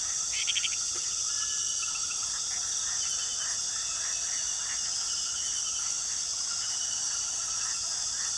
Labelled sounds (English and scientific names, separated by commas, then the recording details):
none
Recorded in pastures near Puerto Asís, Putumayo, Colombia, on 19 February 2024 at 23:30
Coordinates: 0.466, -76.323
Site G6384